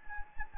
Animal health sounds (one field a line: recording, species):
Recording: mosquito wingbeat signal from an infrared sensor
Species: Anopheles gambiae